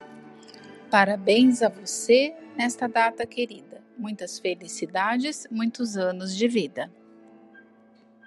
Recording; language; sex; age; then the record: short text; Brazilian Portuguese; female; 40 to 49 years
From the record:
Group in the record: control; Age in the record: 45 years